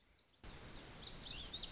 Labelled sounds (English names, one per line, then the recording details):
Lazuli Bunting
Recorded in Sonoma County, California